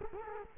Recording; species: mosquito wingbeat signal from an infrared sensor; Culex quinquefasciatus